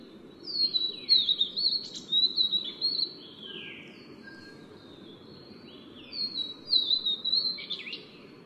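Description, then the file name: Vivid niltava giving high, thin whistled phrases in two bursts, notes sliding up and down sweetly, separated by a few seconds of quiet with a low steady hum underneath. "黃腹琉璃"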